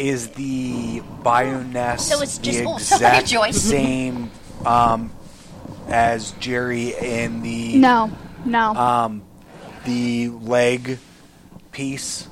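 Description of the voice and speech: Halting adult speech with long pauses, fillers, drawn-out words and word-finding trouble, fitting aphasia.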